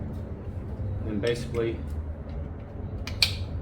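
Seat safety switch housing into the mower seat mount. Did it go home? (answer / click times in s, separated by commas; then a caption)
yes / 3.2 s. A seat safety switch in its plastic housing is pressed into the mower seat mount while someone talks, with faint handling sounds beforehand. A sharp, loud click at 3.2 s, preceded by a softer tick just before, marks the housing snapping into place and seating.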